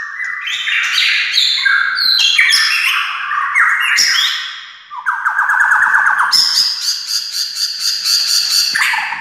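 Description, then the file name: White-rumped shama song: fast, loud run of varied whistled and slurred notes mixed with harsh chattering elements, nearly continuous throughout. Wild forest bird. "suara murai hutan asli"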